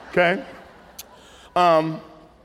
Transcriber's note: laughter